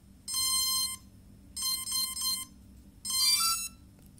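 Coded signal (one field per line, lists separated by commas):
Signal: beep code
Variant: CX-20 quadcopter ESC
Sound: three bursts of buzzy motor beeps, the last a short rising musical tune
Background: low background hum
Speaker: And that's it. After you hear that musical tone there, and if it's all quiet, you can move your throttle up, and all the four motors should turn at the same time.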